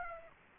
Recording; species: mosquito wingbeat signal from an infrared sensor; Aedes aegypti